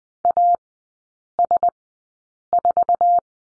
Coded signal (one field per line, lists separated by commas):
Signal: Morse code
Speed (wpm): 20 wpm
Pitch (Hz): 700 Hz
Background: none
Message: AS4